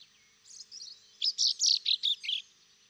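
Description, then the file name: Common chaffinch giving a rapid string of high, sharp chirping notes that grows louder, lasting about two seconds. "Fringilla coelebs"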